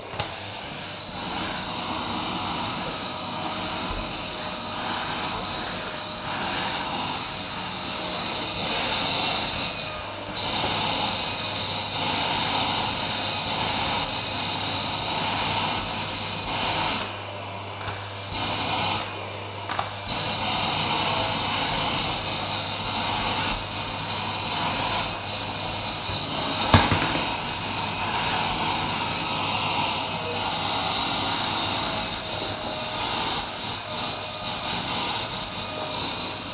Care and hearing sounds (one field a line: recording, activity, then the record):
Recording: daily activity, microphone in the room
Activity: vacuum cleaning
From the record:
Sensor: 2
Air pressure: 1010.1 hPa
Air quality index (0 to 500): 162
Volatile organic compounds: 7 ppm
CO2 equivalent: 2030 ppm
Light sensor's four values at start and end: 33/80/35/40 and 37/90/40/45